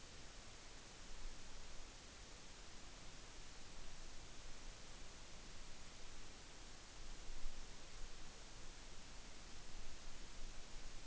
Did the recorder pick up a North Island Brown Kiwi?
no